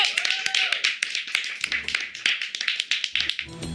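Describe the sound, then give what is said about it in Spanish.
An audience applauds, with dense overlapping claps and sharper individual slaps that stay steady and fairly loud for the whole few seconds, with no voices. “¡Aplausos!”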